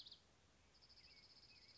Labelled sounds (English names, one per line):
Dark-eyed Junco